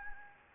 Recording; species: mosquito wingbeat signal from an infrared sensor; Anopheles arabiensis